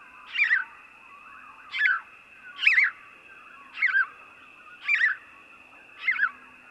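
House sparrow repeating a bright, harsh chirp six times at fairly steady intervals of about a second, with a constant high-pitched drone behind.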